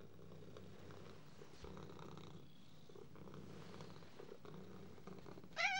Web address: The BBC Sound Effects Library - Complete 60 CDs Collection Sound Effects Library (Animals Birds) Cat